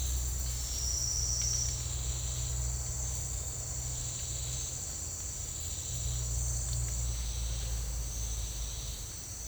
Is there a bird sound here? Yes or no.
no